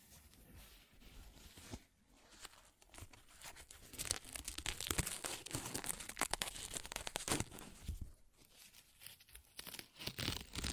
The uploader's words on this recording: ASMR Paper Ripping Tearing Sounds (No Talking).